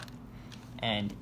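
The plastic neck brace and head piece of the restraint on a 2021 Dino Escape Stomp 'N Escape Tyrannosaurus Rex toy are wrapped around its neck and clamped into place. Short, sharp plastic clicks sound at 0.1 s and 0.5 s, and then someone talks. The brace clamps shut and is seated.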